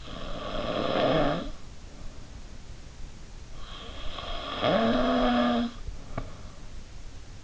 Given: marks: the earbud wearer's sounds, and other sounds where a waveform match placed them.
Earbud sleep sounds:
sounds in sleep by an in-ear microphone; snoring breath
0.00-1.60 s: snoring breath
3.57-6.44 s: snoring breath

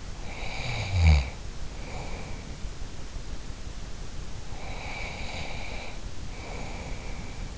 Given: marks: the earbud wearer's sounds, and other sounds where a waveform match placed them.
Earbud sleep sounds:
sounds in sleep by an in-ear microphone; snoring breath, breath
0.16-2.67 s: snoring breath
4.49-7.58 s: breath

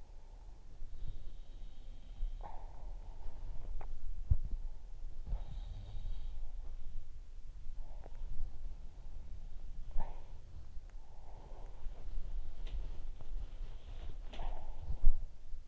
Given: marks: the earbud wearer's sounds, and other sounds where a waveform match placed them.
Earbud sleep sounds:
sounds in sleep by an in-ear microphone; body movement
0.00-9.18 s: body movement
5.15-7.08 s: sound from someone else or the room
9.99-15.68 s: body movement

